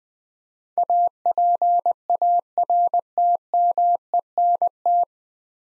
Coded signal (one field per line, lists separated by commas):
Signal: Morse code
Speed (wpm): 20 wpm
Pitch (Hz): 700 Hz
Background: none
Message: APARTMENT